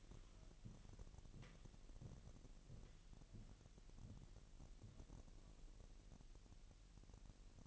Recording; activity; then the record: daily activity, microphone in the room; walk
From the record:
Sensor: 4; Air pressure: 1002.9 hPa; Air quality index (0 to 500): 249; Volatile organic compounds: 29 ppm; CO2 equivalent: 2930 ppm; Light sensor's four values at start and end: 9/19/8/8 and 8/19/8/8